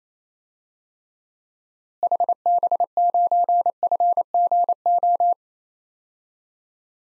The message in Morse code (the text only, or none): HB9FGO